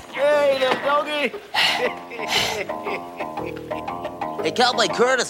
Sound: laughter

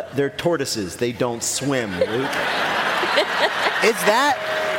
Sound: laughter

